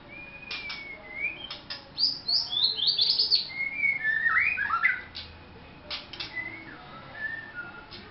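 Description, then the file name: White-rumped shama song, rich varied whistles with rising and falling slurred phrases and a rapid burst of notes mid-phrase, with some sharp clicks. Vietnam. "shama vietnam omkicau"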